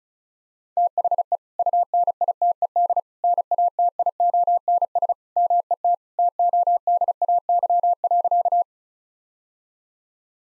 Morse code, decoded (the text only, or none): THE UNITED NATIONS MET TODAY.